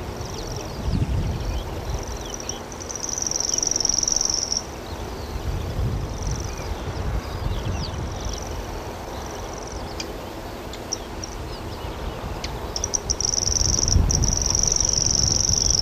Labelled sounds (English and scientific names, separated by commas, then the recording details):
Common Grasshopper Warbler (Locustella naevia) song
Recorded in the wild
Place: Krombachtalsperre, DE
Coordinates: 50.6217, 8.12722
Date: 1964-05-10 09:00
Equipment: Uher Report 4000, AKG D190
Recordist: Krey, Winfried
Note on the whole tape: Gesang